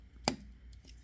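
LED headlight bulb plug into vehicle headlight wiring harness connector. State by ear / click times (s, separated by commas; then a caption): seated / 0.3 s. The plastic plug of an Auxito LED headlight bulb, aligned by its notch, is pushed one-handed into the vehicle's headlight wiring harness connector and squeezed. A sharp, bright click at 0.3 s marks it latching, followed by two faint ticks near 0.7 and 0.9 s. The plug is seated and won't let go.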